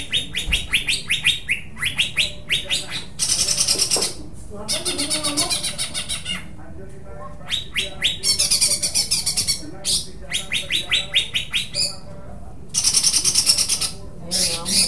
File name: cucak hijau dengan tembakan dan besetan parkit